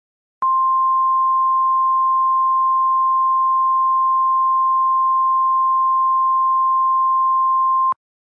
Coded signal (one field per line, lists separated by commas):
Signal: Emergency Alert System (SAME) tones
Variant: 1050 Hz attention tone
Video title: EAS Scenario #32 Cloverfield (400 SUB SPECIAL)